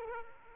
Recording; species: mosquito wingbeat signal from an infrared sensor; Aedes aegypti